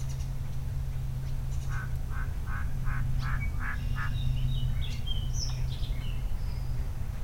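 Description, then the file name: Yellow-breasted chat song: a run of about seven evenly spaced mid-pitched notes, then scattered high whistles and short chatter, over a steady low hum. Recorded in Kent, Maryland, on 19 June 2010. "Yellow-breasted Chat Kent Md 20100619"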